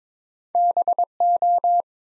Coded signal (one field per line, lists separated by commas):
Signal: Morse code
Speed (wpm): 22 wpm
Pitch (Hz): 700 Hz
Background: none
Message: BO